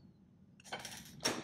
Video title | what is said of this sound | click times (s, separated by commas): How to adjust pinion bearing preload | that up until I can hear it click now | 1.3 s